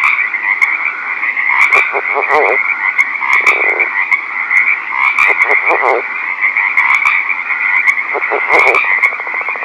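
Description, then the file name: Northern leopard frog: repeated low chuckling pulse series and a rasping burst, set against an unbroken high-pitched background chorus. Recorded at night. "rpipiens night"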